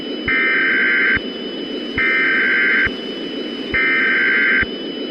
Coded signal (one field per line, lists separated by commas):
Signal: Emergency Alert System (SAME) tones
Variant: header bursts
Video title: The Caillou-25 Virus Pandemic, An EAS Scenario #easscenario #pandemics #scary